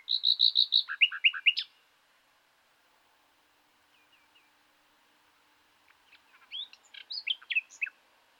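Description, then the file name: Common nightingale song: a fast burst of repeated whistled notes, a pause of several seconds with faint notes, then a second varied phrase of chirps and whistles. "Luscinia megarhynchos"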